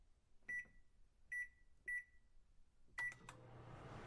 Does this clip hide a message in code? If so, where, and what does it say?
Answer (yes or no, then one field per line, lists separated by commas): no